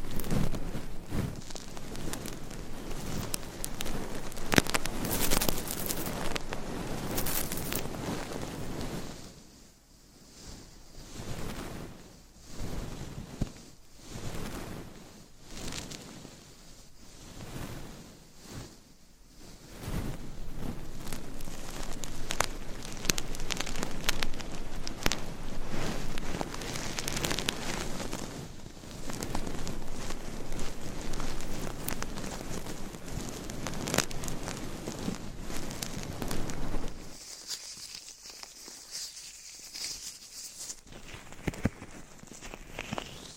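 Mic scratching and brushing with dense, rough strokes filling the opening seconds. Around 10 to 20 seconds the brushing turns softer and pulsing, in slow regular sweeps, then returns to steady heavy scratching. Near 37 seconds it thins out and quiets before a few final scrapes.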